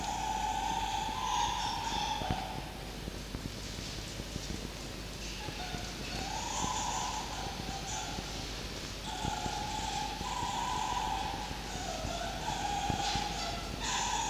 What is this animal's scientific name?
Vulpes vulpes